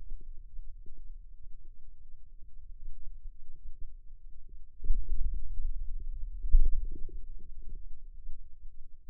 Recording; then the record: forearm muscle sounds (acoustic myography)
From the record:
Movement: wrist extension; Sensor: system 2, bracelet of six BSWA MPA416 microphones around the upper forearm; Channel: 5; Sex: male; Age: 22 years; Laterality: right